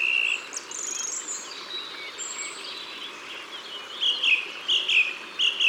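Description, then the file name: Song thrush singing: one clear whistled phrase first, then a short ringing motif repeated four times in quick succession near the end. Recorded in Ardèche, France. "Grive-Musicienne-Concerts-Naturels-De-l Ardeche"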